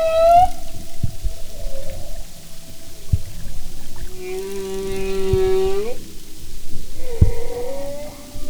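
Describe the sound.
Humpback whale song: a long, steady tonal moan with rich harmonics that sweeps upward at its end, between shorter rising cries over low underwater noise.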